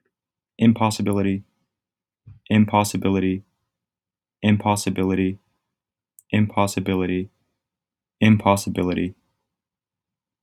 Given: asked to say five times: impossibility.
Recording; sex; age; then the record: repeated word; male; 20 to 29 years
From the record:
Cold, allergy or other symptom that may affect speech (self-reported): no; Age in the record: 20 years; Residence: Texas, United States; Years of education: 13